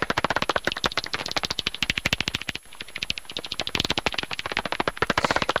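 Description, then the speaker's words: Pipistrelle bat calls: a fast, dry, rattling series of sharp clicks, continuing throughout. Pipistrelle, a bat found in France. "c'est un cri de pipistrelle, une chauve-souris que l'on trouve en France."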